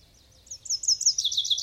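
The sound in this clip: Common chaffinch song fragment: a quick series of high, sharp notes growing louder into a repeated trill.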